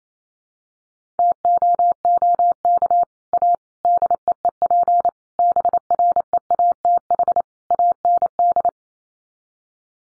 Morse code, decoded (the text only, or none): TOOK A DEEP BREATH AND